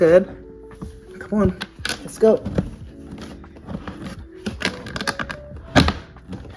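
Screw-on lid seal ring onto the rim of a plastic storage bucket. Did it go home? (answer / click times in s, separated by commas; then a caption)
yes / 4.6 s, 5.1 s, 5.8 s. Someone talks while pressing a plastic screw-on lid seal ring down hard onto the rim of a plastic storage bucket. Sharp clicks are heard at 4.7, 5.1 and 5.8 seconds as the ring snaps down and seats.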